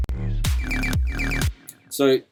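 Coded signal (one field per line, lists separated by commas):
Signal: none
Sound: music production sound effects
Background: speech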